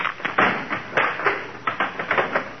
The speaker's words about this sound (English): Oh, darn it, that's the third chair he broke this week.